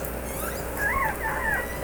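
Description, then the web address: Killer whale call: two short tonal notes that rise and fall, the second longer with a lingering upper tone, over a steady low background hiss. Southern Resident killer whales; call type 8. "Orca Calls Alwin"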